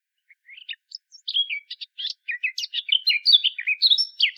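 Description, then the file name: Eurasian blackcap song: a quiet scratchy start building into a rapid, varied warble of high chirps and short whistled notes, growing louder toward the end. "Sylvia atricapilla"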